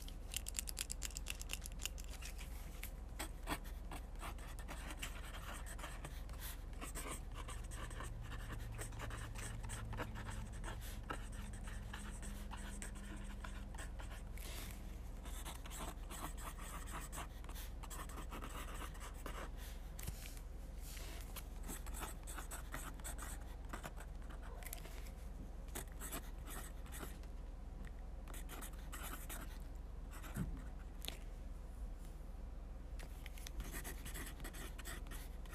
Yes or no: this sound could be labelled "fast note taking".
yes